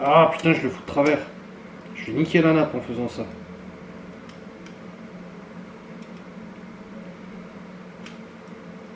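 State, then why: Seated. Two internal cable plugs are pressed into their circuit board sockets. Someone talks for the first few seconds, then over a quiet, steady background two short clicks sound at 4.7 s and 8.1 s. Both plugs are seated and clipped in.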